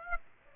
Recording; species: mosquito wingbeat signal from an infrared sensor; Aedes aegypti